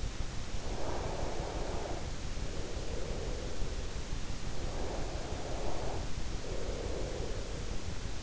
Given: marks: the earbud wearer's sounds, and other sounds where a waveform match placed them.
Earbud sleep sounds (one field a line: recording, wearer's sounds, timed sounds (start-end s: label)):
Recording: sounds in sleep by an in-ear microphone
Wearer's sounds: breath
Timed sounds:
0.62-3.98 s: breath
4.85-8.23 s: breath